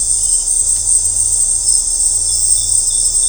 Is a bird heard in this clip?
no